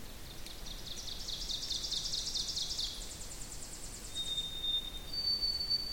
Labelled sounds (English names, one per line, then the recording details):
Ovenbird song
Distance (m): 50 m
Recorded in boreal forest in Alberta, Canada, on 2 June 2016 at 06:28
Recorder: SongMeter 3, array SBT-3-7
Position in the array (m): 197 m, 96 m
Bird 6